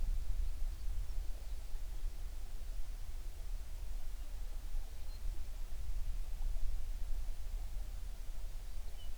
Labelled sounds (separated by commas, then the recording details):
songbird
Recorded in the Prudhoe Bay oil fields, Alaska, on 11 June 2019 at 04:37
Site 21